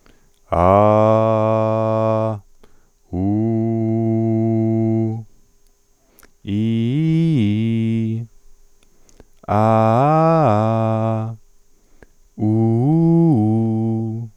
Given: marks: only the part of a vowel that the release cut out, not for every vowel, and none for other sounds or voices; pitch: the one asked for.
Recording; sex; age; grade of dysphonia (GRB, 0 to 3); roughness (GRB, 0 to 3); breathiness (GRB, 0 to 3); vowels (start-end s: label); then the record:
sustained vowels; male; 30 to 39 years; 0; 0; 0
0.65-2.27 s: vowel /a/, low pitch
3.30-5.01 s: vowel /u/, low pitch
6.54-8.12 s: vowel /i/, low-high-low pitch
9.56-11.21 s: vowel /a/, low-high-low pitch
12.46-14.11 s: vowel /u/, low-high-low pitch
From the record:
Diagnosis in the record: functional dysphonia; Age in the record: 36 years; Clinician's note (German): Multifaktoriell, mit cervicogener Komponente